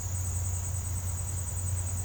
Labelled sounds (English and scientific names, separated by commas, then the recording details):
none
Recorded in pastures near Puerto Asís, Putumayo, Colombia, on 15 December 2024 at 07:30
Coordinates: 0.502, -76.324
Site G077